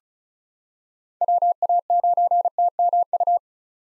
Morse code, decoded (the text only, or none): WA9TMU